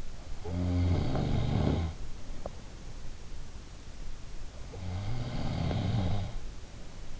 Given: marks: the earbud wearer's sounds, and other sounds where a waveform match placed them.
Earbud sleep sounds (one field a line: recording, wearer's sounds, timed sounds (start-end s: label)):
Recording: sounds in sleep by an in-ear microphone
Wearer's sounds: snoring breath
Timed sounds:
0.00-2.45 s: snoring breath
4.34-6.80 s: snoring breath